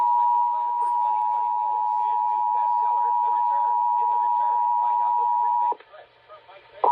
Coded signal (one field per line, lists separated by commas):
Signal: Emergency Alert System (SAME) tones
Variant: 853 and 960 Hz attention tone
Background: speech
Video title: EAS 3314-3325: Pennsylvania Required Monthly Test for July 2022